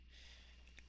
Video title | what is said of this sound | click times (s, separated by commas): Simple Way to Prevent Algae in a Hydroponic Rail System | perfectly into the hole they'll actually snap right in | 0.8 s